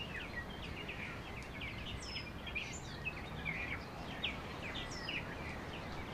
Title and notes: sounds from my garden this afternoon. one of the trees is full of birds and they're all talking to each other